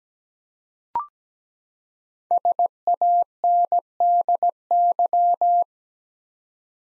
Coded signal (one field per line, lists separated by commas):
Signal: Morse code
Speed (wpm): 17 wpm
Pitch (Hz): 700 Hz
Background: none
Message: SANDY